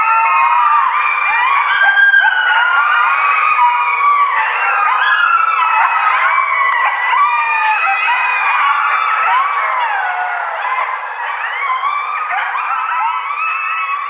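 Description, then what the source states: Coyotes in a dense group chorus, many overlapping wavering howls and quavering yips rising and falling together without pause. Pups.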